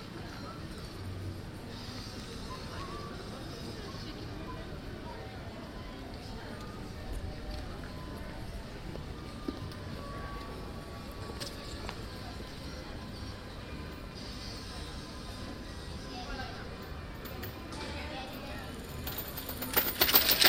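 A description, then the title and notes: A sunny Saturday afternoon around a big church in a city square. A steady outdoor murmur of voices and traffic fills the scene, with occasional brief clicks and knocks, possibly passing hooves. Near the end a louder, crackling rustle comes in. Rond De Grote Kerk Den Haag. Een zonnige zaterdagsmiddag rond de Grote Kerk in Den Haag. The actual street name is Rond de Grote Kerk which means ‘Around the big church’. A sunny Saturday afternoon around the big church in The Hague.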